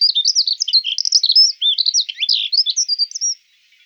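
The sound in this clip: Accentor pouring out a rapid, high-pitched warbling phrase of squeaky, tumbling notes lasting about three and a half seconds before stopping.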